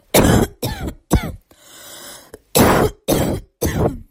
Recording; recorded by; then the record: voluntary cough; messaging app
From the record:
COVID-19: negative